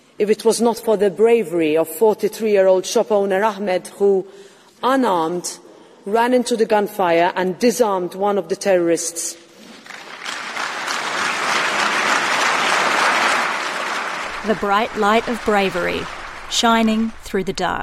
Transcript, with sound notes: if it was not for the bravery of 43 year-old shopkeeper Ahmed who - unarmed- ran into the gunfire and disarmed one of the terrorists." (applause) The bright light of bravery, shining through the dark.